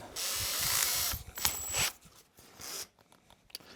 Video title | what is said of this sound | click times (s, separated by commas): One Man, One Boat Cabin, and the Push to Beat the Weather | Don't forget your click back to get it locked into place. | 1.5 s